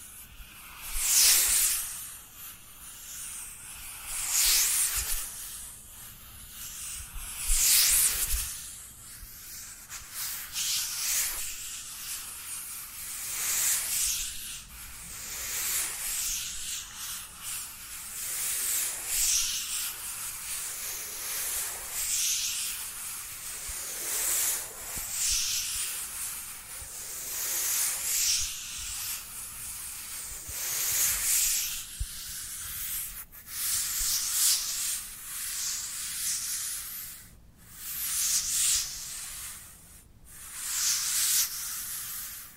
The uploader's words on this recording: ASMR Dry Dry Dry Hand Sounds to Beat Your Tingle Immunity (No Talking).